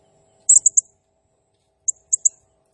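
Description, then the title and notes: Blue-crowned hanging parrot giving a short run of three or four thin, high chirps, a pause, then three more. Singing energetically (gacor, nembak style); recording meant as masteran and lure (pemikat) for other birds. "Burung Serindit Nembak Gacor Bikin Emosi Semua Burung. Suara Nasteran Dan Pemikat Burung Serinditan Gacor"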